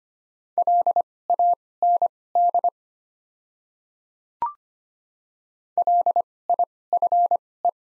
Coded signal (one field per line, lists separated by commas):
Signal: Morse code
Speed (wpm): 25 wpm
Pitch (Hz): 700 Hz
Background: none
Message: LAND LIFE